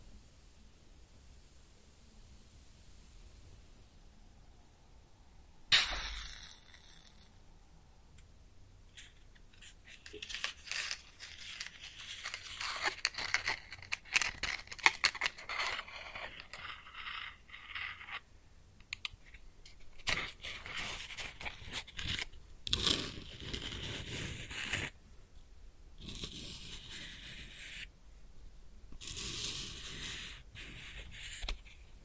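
A match is struck close up, flaring with a sharp burst just before six seconds, then the flame crackles and sizzles with dense, irregular ticks and snaps. The crackling thickens after ten seconds into bright, uneven bursts that rise and fall until the end.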